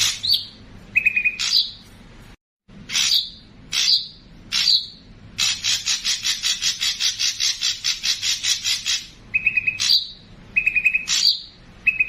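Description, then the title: Streaked spiderhunter song: loud harsh high notes and quick stuttered chip bursts, with a long, fast rattling series of buzzy pulses in the middle. Tutor recording for training cage birds, with the bird described as singing persistently, with a clear, long song. "Pijantung Gunung Gacor Jernih Panjang"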